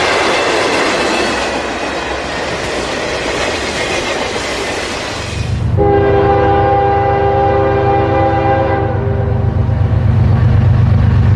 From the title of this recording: Train On Tracks